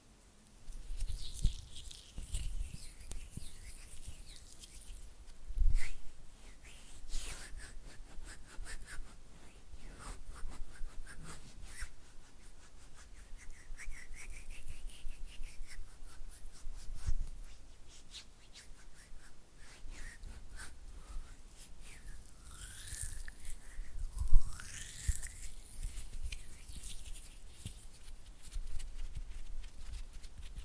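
Oily hand and flutter finger sounds: soft, wet squelching and rapid fluttering taps, dense and irregular throughout. Sliding bright swishes rise and fall around 3, 14 and 23–26 seconds, with occasional sharper thumps near 6, 17 and 24 seconds.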